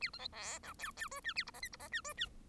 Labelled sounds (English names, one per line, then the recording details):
Bengalese Finch song
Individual Bird1